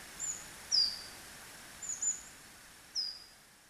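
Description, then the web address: Coal tit giving high, thin call notes, five brief slurred pips in under four seconds over faint constant background hiss. Recorded at Chichibu on 26 January 2020. "koe higara 200126 chichibu"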